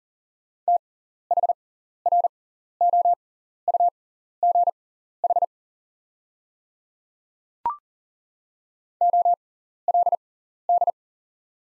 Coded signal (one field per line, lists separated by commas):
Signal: Morse code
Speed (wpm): 39 wpm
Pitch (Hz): 700 Hz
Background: none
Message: THROUGH OLD